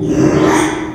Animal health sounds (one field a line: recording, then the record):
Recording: squeal of a Yucatan mini pig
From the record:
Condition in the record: after surgery on the right vocal fold (resection and tissue-engineered implant)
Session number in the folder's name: 3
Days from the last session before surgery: 33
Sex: male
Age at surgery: 12 weeks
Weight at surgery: 13 kg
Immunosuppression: cyclosporine, prednisolone